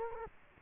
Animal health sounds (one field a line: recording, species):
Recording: mosquito wingbeat signal from an infrared sensor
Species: Culex quinquefasciatus